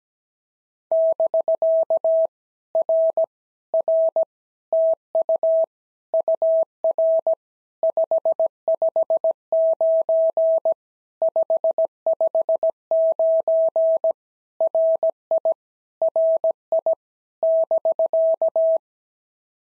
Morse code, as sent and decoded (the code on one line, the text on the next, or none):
-...-.- / .-. / .-. / - ..- / ..- .-. / ..... ..... ----. / ..... ..... ----. / .-. .. / .-. .. / -...-.-
<BK> R R TU UR 559 559 RI RI <BK>